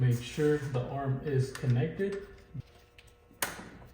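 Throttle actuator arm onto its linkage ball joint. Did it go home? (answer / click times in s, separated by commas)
yes / 3.4 s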